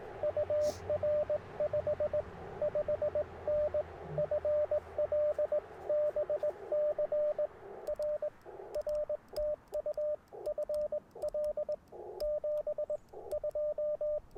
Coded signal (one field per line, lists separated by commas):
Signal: Morse code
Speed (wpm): 20 wpm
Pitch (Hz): 600 Hz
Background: radio noise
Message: UR 55N FL BC R R TU FL 72